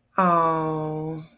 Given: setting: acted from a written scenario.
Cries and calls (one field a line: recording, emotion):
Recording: vocal sound without words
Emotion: adoration